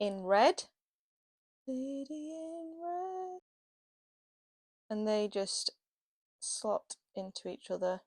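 The male and female halves of a Sena 60S Bluetooth intercom helmet microphone connector are lined up by their red marks, ready for the mic plug to go into the intercom wiring connector. Someone talks in short bursts, including a drawn-out, tuneful stretch from about 1.7 to 3.4 seconds. Nothing has clicked or seated yet.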